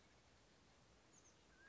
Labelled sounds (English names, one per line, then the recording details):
Oak Titmouse
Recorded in Sonoma County, California